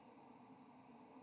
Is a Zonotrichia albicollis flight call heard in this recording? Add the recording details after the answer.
no. Another species' flight call is heard. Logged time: 03:00 on 7 November 2014